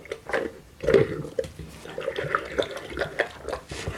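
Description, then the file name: Dog eating and drinking, wet lapping and chewing noises in irregular bursts. Dog eating, drinking and sniffing. "Digiffects Sound Effects Library - Dog Eating Drinking And Sniffing"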